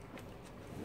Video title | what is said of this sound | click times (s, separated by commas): ปืนcz452 การตั้งขาทรายสำหรับcz452 เลงนิ่งมากๆๆครับ | มันดังแก๊กก่อนนะครับนี่ | 0.2 s